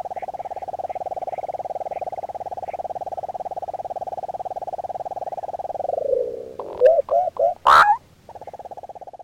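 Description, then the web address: Sand-colored nighthawk purring trill: a long, even, low churr lasting about six seconds, sagging in pitch, then broken by a few sharp notes before the trill resumes. Recorded in the eastern lowlands of South America. "ENTER Music and Audio. Nature Songs S America Eastern Lowlands. Sand-colored Nightjar"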